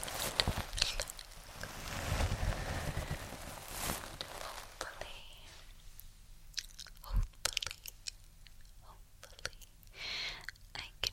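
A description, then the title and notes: Brushing sounds come in bursts, a scratchy rush around two to four seconds and again near ten seconds. Between them, sharp short clicks land irregularly, including a strong thud-like click just past seven seconds, over a quiet low hum. ASMR ~TINGLY~ Brushing & Tongue Clicking.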